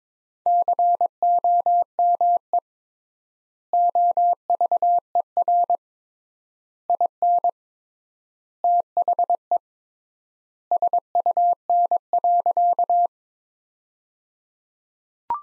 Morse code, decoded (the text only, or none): COME OVER IN THE SUN.